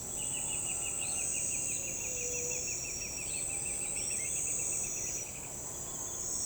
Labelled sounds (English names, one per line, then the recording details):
Pale-legged Hornero
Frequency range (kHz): Pale-legged Hornero 2.1-3.2 kHz
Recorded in forest near Pivijay, Magdalena, Colombia, on 5 June 2023 at 06:00
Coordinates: 10.467, -74.380
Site Z5-G034